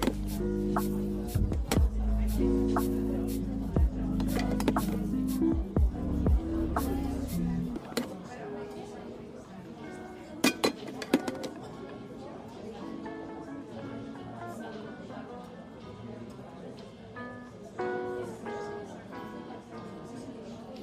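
Coffee shop ambience with a steady murmur of voices throughout. For the first seven or so seconds a low sustained tone with stepped pitches runs underneath, then drops away. Sharp clinks of cups and glassware pop out repeatedly, especially around ten to eleven seconds.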